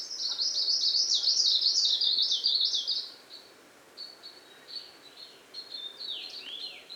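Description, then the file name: Two-barred warbler singing a rapid, loud, jittery trill of high zigzag notes for about three seconds, followed by softer scattered high notes and a falling slurred phrase. "plumbeitarsus song"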